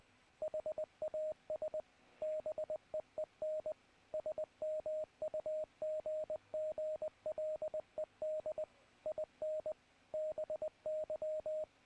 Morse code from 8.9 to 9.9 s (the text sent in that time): IN